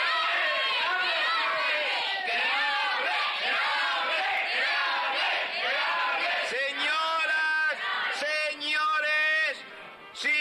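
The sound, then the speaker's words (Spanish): An approaching group of people chanting together in loud, overlapping voices, the shouted syllables rising and falling in a steady, repeated rhythm that continues throughout. “Se acerca un grupo de gente.”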